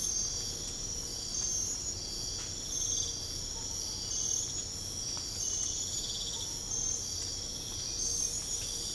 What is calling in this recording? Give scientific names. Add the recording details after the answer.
none. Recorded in pastures near Puerto Asís, Putumayo, Colombia, on 22 December 2024 at 04:00. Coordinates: 0.496, -76.326. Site G004